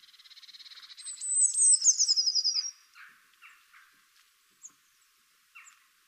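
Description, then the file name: Eurasian blue tit calling: a fast run of thin ticking notes, then a burst of high, rapid chattering notes, followed by a few scattered softer notes. "Cyanistes caeruleus"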